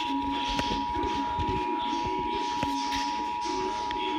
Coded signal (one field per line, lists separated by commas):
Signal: Emergency Alert System (SAME) tones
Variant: 853 and 960 Hz attention tone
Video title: EAS #310 Severe Thunderstorm Warning